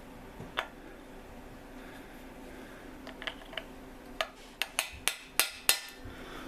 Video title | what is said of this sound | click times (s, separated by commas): Removing and Installing Core Plugs. | okay so it's not all the way in you want them flush right here okay | 4.2 s, 4.6 s, 4.8 s, 5.1 s, 5.4 s, 5.7 s